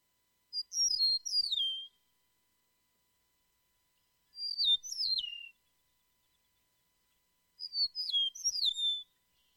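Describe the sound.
Eastern Meadowlark song: three clear, descending whistled phrases, one roughly every three and a half seconds, with quiet gaps between them.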